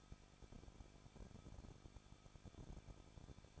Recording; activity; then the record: daily activity, microphone in the room; no activity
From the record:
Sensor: 5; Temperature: 20.9 degrees Celsius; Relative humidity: 38.2%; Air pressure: 1006.4 hPa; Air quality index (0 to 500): 187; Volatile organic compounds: 18 ppm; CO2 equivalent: 2622 ppm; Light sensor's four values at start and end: 2/3/1/1 and 2/3/1/1